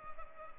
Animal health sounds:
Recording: mosquito wingbeat signal from an infrared sensor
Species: Culex pipiens

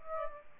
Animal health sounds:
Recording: mosquito wingbeat signal from an infrared sensor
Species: Aedes albopictus

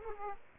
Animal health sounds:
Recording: mosquito wingbeat signal from an infrared sensor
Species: Aedes aegypti

